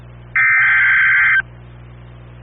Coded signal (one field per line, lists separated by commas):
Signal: Emergency Alert System (SAME) tones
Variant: header bursts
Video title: (EAS #125) KEC95 Severe Thunderstorm Warning